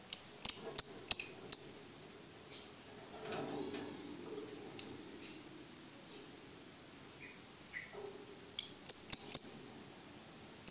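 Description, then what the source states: Lovebird giving a quick cluster of high chirps, a quieter stretch with faint sounds and a lone chirp, then another short chirp burst. Master recording meant for training birds to learn ngekek.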